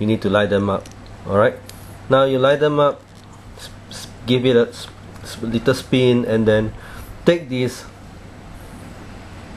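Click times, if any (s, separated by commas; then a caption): none. Someone talks while lining up the wheel and core parts of a Takara Beyblade Metal Fusion Storm Pegasis spinning top, giving them a little spin before twisting the parts together to lock them. Soft handling noises are heard between the talk, with a brief louder sound at 3.9 s. Nothing has clicked or locked yet.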